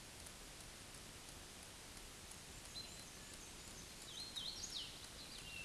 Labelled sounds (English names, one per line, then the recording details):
Hooded Warbler song
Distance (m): 60 m
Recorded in a Pennsylvania forest on 17 May 2023 at 20:30
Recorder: AudioMoth, point grid1_3_low
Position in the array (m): 85 m, 92 m